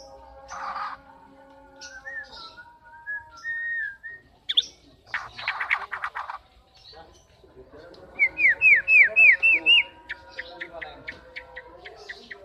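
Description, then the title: Oriental magpie-robin song: varied whistles, buzzy bursts and clicks, then a run of quick curved notes followed by a series of short sharp notes. "kacer"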